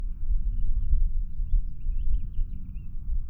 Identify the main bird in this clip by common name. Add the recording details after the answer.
House Finch. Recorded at Long Beach on Long Island, New York, on 2 June 1975. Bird A